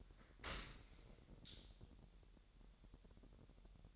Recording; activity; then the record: daily activity, microphone in the room; open dishwasher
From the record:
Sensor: 3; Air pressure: 1000.5 hPa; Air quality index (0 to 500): 248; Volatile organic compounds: 175 ppm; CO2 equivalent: 4126 ppm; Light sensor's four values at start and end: 10/25/10/10 and 10/25/10/10